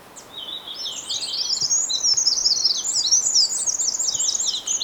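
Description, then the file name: Eurasian wren singing a sustained, fast, high-pitched outpouring of trills and chattering notes for several seconds. "Troglodytes troglodytes"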